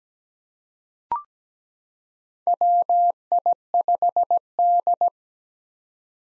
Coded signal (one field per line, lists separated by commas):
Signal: Morse code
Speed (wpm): 17 wpm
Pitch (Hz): 700 Hz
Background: none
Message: WI5D